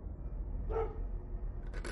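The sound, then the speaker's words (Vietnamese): A short, sharp dog bark cuts through a steady low rumble at the end of a room, followed moments later by a second rougher, noisier yelp. There are no voices. “Ở phía cuối căn phòng có tiếng chó sủa, tiếng hú, tiếng cạo móng tay vào vách tường.”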